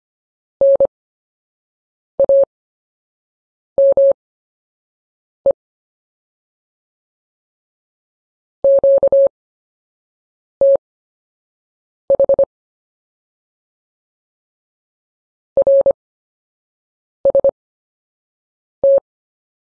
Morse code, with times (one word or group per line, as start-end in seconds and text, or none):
0.6-5.5 NAME
8.6-12.4 QTH
15.6-19.0 RST